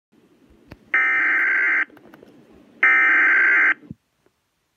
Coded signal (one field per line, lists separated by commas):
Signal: Emergency Alert System (SAME) tones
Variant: header bursts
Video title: (EAS #25) Flash Freeze Warning 1-20-19